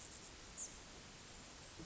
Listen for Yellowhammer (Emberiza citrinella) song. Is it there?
no